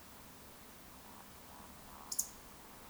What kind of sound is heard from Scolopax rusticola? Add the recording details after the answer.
whistle, croak. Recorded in Baden-Württemberg, Germany, on 3 June 2021 at 20:07 UTC. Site 49334, 1074 m above sea level